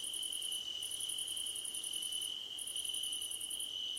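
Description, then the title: Crickets give fast, high, pulsed trills broken by brief pauses, with an unbroken ringing tone underneath. Crickets calling at night under a starlit sky. "Nighttime Ambience with Crickets 🌃"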